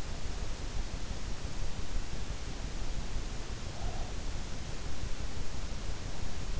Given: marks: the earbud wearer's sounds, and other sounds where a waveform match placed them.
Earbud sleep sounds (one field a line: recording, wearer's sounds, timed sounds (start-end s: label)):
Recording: sounds in sleep by an in-ear microphone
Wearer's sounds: breath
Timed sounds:
3.56-4.43 s: breath